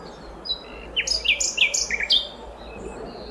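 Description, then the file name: Common nightingale song: a short burst of sharp, high whistled notes and quick rising slurs, packed into about one second, over a quiet low hum. "Luscinia megarhynchos"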